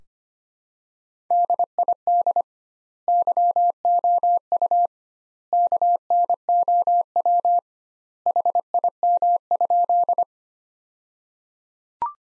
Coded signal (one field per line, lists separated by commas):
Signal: Morse code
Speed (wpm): 25 wpm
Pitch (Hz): 700 Hz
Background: none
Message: DID YOU KNOW HIM?